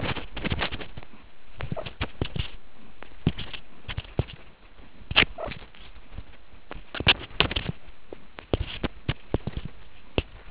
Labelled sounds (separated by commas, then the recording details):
meerkat close call
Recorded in the Kuruman River Reserve, South Africa
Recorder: an audio tag on a meerkat's collar